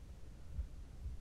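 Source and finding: Heart, close microphone. Heartbeat.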